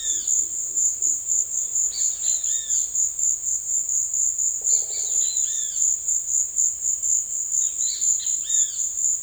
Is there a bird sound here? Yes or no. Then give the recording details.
yes. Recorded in secondary vegetation near Puerto Asís, Putumayo, Colombia, on 8 March 2025 at 16:30. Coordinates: 0.488, -76.319. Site G095